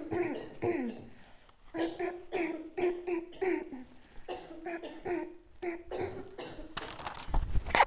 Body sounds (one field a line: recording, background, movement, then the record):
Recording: throat clearing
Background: a bystander coughing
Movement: sitting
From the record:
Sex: female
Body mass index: 18.8 kg/m2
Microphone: on the chest, facing outward